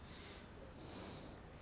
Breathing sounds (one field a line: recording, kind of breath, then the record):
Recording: one breath in and out by a microphone near the nose and mouth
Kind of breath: normal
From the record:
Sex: male